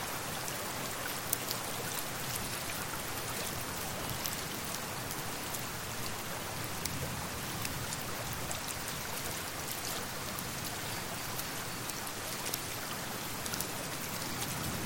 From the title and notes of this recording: Winter at the River | Falling Snow & River Sounds. Find calm with this soothing winter ambiance, blending the soft sound of falling snow and the steady flow of a river.